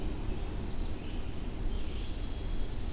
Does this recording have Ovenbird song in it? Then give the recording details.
no. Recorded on 25 June 2016 at 07:13. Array SBT-6-76